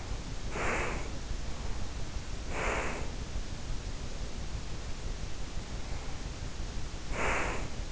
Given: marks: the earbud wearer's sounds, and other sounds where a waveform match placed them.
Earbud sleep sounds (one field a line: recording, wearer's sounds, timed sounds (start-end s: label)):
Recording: sounds in sleep by an in-ear microphone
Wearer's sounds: breath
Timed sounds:
0.20-1.33 s: breath
2.31-3.28 s: breath
6.92-7.92 s: breath